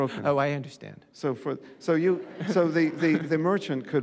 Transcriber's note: soundbite of laughter